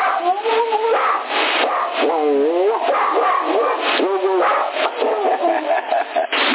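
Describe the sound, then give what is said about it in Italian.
A dog barks and yips continuously, its high, whiny calls rising and falling in pitch, with voices talking underneath throughout. “Si mette a due zampe qua, ma tu lo devi vedere, fa troppo, è troppo simpatico questo cane, vieni tu da papà, sì.”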